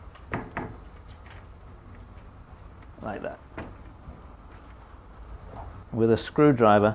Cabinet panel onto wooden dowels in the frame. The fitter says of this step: a little bit of jiggling and it will pop into place like that